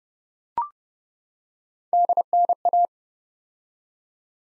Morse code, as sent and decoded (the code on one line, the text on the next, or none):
-.. -. .-
DNA